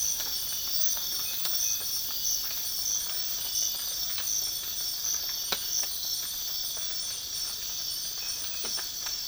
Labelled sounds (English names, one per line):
none